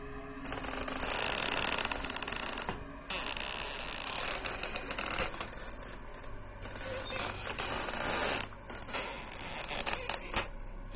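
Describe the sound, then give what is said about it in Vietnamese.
An eerie creaking sound effect coming from a locked cabinet drawer: dense, grinding creaks and crackles scrape on continuously for several seconds over a low, steady hum, with a few brief dips in loudness. “đột nhiên ở đằng sau của Lô Tiểu Bắc vang lên những tiếng kêu kẽo kẹt đến rợn cả người”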